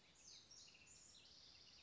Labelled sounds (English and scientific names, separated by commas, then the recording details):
House Wren (Troglodytes aedon)
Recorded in Sonoma County, California